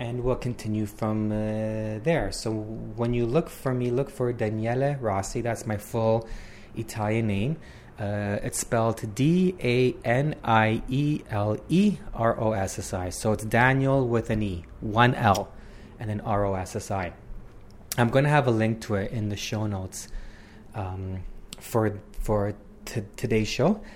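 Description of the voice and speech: An adult man speaks in a steady, low voice, mostly fluently, with a few stretched sounds and a brief stall near the end: a drawn-out "um," a repeated "for," and a part-word repetition on "today." These are mild stuttering disfluencies in an adult who stutters.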